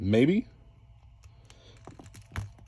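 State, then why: Seated. Someone talks briefly, then a plastic tentacle appendage is pushed onto a peg post on the back harness of a Marvel Legends Doc Ock action figure. After a few small plastic clicks, it snaps in with a sharp click at 2.4 s and locks firmly in place.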